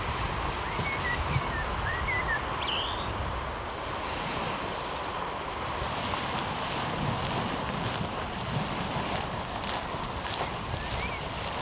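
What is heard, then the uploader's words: Waves wash steadily along the Omø coastline in a dense, even rush with a low rumble underneath, level throughout the twelve seconds. Short bird chirps and calls break through near the start, around one to three seconds, with fainter calls again near the end. Waves and bird life: Ambience from a walk along Omø coastline.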